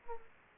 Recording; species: mosquito wingbeat signal from an infrared sensor; Aedes aegypti